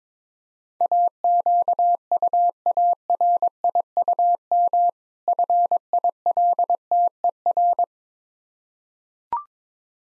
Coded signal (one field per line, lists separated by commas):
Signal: Morse code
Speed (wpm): 21 wpm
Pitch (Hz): 700 Hz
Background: none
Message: AQUARIUM FILTER